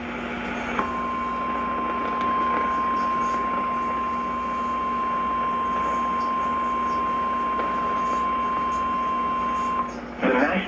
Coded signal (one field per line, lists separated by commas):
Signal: Emergency Alert System (SAME) tones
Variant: 1050 Hz attention tone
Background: speech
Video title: IF WE DIDN'T GO OUT TO DINNER I WOULD'VE GOT MORE - EAS Alerts from 07/09/2021 (EAS #184-187)